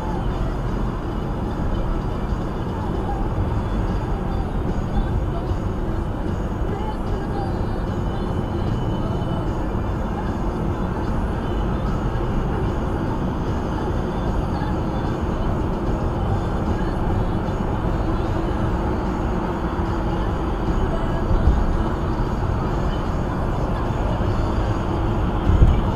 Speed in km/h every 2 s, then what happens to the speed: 55, 56, 58, 60, 61, 63, 64, 64, 68, 69, 71, 71, 74.
0-26 speeds up to 74.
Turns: none.